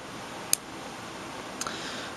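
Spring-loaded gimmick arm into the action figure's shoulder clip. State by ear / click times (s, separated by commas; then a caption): seated / 0.5 s. The spring-loaded plastic whip arm of a 1992 action figure is pushed back down into the figure's shoulder clip until it catches and locks. A sharp, bright click at 0.5 s marks it seating in the locked position, followed by two fainter clicks near 1.6 and 1.7 s.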